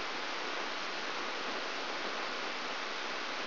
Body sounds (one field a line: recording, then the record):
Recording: brain microelectrode recording played as sound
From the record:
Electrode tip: outside the subthalamic nucleus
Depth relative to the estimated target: -6 mm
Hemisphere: right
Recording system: AlphaMap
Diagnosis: Parkinson's disease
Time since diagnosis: 20 years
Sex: female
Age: 65 years